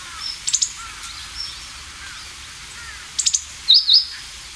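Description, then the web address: Meadow bunting calls: short, high ticking notes, then two sharp chips near the end, with faint softer bird notes in the background. Calls (ground calls, jinaki), not song. "sikioto. houzirozinaki"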